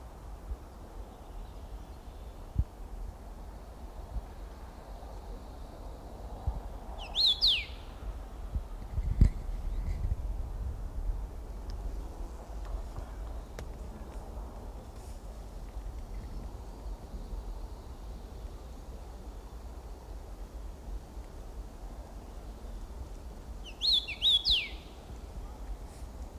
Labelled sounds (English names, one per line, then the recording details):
Common Rosefinch song
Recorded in the wild
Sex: male
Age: adult
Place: Paratunka, Kamtschatka, RU
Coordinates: 53.5667, 158.417
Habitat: birch forest
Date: 1999-06-13 16:03
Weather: cloudy, ca. 20°C, moderate winds
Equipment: Sony WM-D6C, Sennheiser ME 80, K 30 AV Schalter II, Kopie Sony TCD-D8
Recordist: Frommolt, Karl-Heinz